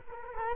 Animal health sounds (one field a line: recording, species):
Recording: mosquito wingbeat signal from an infrared sensor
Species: Culex quinquefasciatus